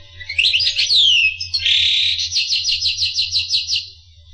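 Finch song: a high sweeping whistle sliding downward, then a buzzy note and a steady run of quick repeated chirps, with a low hum beneath.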